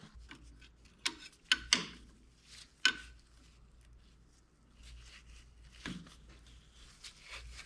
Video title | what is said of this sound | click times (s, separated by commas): Toolcat transaxle repair | went up in beautiful pushed Right In that clip pretty easily once I got it straight | 1.7 s